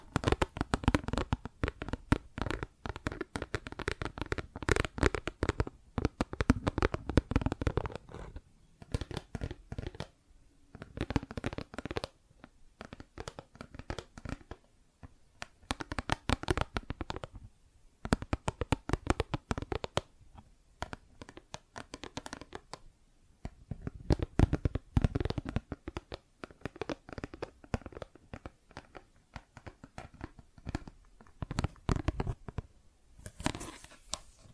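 Plastic objects are tapped and scratched in dense, irregular bursts of sharp clicks and rustling scrapes. Activity runs thick for the first eight seconds, pauses briefly around ten and again near twenty-two, then returns in clustered flurries through to the end.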